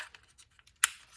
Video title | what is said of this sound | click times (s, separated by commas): Audi TT instrument cluster backlight LED swap | Once you hear the click, you can really just pull them out, or push them out rather. | 0.8 s